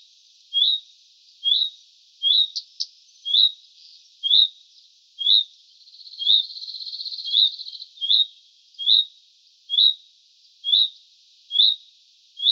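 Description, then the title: Common redstart giving a steady series of short upslurred whistles, roughly one per second, with a brief buzzy, scratchy passage partway through. Juvenile bird. "Sylvain Jaskowiak - Mes piafs. Rougequeue à front blanc juvénile"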